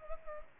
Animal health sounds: mosquito wingbeat signal from an infrared sensor; Culex pipiens

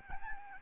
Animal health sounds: mosquito wingbeat signal from an infrared sensor; Aedes albopictus

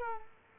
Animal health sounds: mosquito wingbeat signal from an infrared sensor; Culex quinquefasciatus

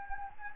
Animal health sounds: mosquito wingbeat signal from an infrared sensor; Anopheles gambiae

